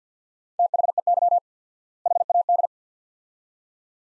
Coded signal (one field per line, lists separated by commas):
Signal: Morse code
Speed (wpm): 49 wpm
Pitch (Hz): 700 Hz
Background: none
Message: THEY HAD